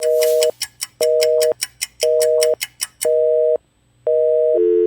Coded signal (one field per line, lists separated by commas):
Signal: telephone call progress tone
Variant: North America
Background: music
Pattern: busy tone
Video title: Pripyat Emergency Broadcast system (Read description)